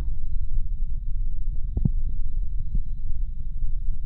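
Muffled, low thudding beats sit under a steady deep rumble, with a few soft clicks in the middle of the clip. It is an adult woman's heartbeat heard close to the chest.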